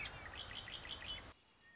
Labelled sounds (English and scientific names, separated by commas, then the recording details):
Red-winged Blackbird (Agelaius phoeniceus)
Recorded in Sonoma County, California